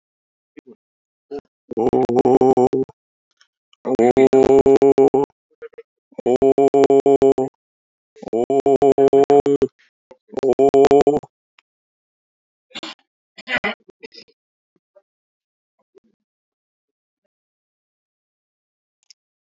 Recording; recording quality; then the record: sustained vowel as in boot; poor, much background noise or distortion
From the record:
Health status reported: respiratory illness, not identified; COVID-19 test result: negative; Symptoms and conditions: cough, chronic lung disease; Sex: male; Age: 68 years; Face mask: not worn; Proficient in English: yes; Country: India